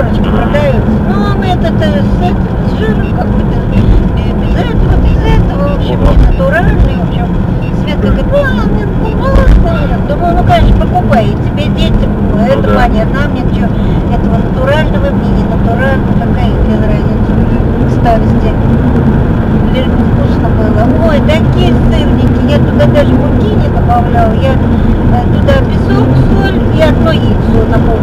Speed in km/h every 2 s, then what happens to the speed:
80, 78, 76, 75, 76, 78, 79, 80, 83, 84, 86, 88, 90, 92.
0-7 steady at about 76. 7-28 speeds up to 92.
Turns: none.